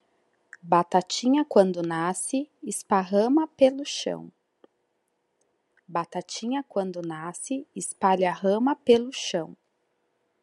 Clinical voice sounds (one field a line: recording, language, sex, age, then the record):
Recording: short text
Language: Brazilian Portuguese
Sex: female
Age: 40 to 49 years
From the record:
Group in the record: control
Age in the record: 41 years